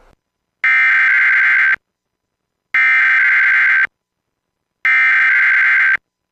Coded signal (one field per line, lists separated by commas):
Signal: Emergency Alert System (SAME) tones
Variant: header bursts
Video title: Saturday RWTs (EAS #1314-#1316)